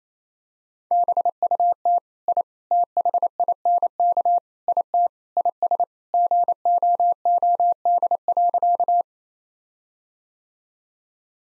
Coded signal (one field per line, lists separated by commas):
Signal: Morse code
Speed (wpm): 28 wpm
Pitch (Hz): 700 Hz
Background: none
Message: BUT I THINK IT IS GOOD.